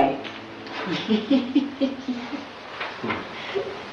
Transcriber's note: laughter